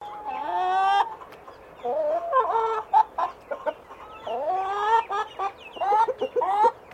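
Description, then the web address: Chicken clucking: a drawn-out nasal note followed by choppy, irregular clucks and squawks. "Sound Effects-Foundation 1 BIRD CHICKEN BEREL CLUCKING"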